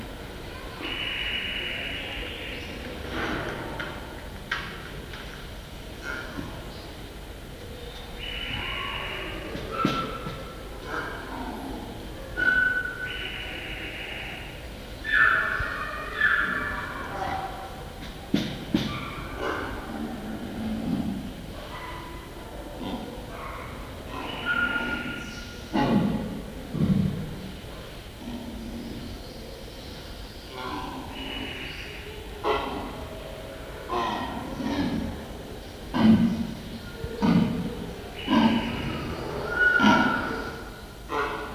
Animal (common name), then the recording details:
Leopard. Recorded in captivity. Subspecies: japonensis. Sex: female. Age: adult. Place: Tierpark Berlin, Berlin, DE. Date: 1968-01-27 10:00. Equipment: R 20/1, Sennheiser MD 421. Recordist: Tembrock, Günter